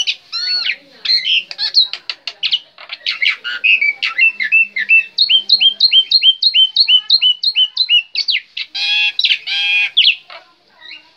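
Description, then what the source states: Black-winged myna song: varied squawks, then a run of many repeated whistled notes, ending in harsh grating notes. Indonesian name jalak putih; bird described as gacor, singing constantly.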